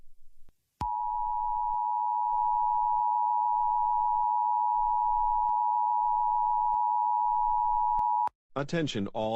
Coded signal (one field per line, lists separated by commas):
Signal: Emergency Alert System (SAME) tones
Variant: 853 and 960 Hz attention tone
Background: speech